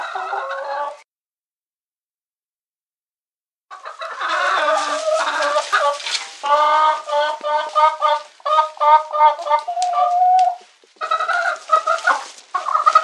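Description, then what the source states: Chicken calls once, falls silent for a few seconds, then breaks into a long run of cackles and squawks with uneven rhythm. Domestic chicken.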